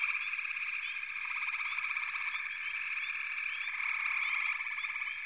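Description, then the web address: Overlapping frog calls form a continuous trill; pulsed rattling swells in and out, loudest toward the end, with brief chirps above. "Nature Songs Nature Sounds Sounds of Nature Collection 54 Froggies"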